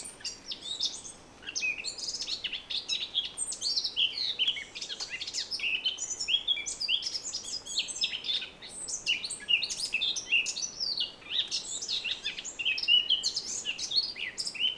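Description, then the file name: Eurasian blackcap song: rapid, varied high chirping and warbling notes running almost continuously, with brief gaps, over faint background hiss. "Sylvia atricapilla"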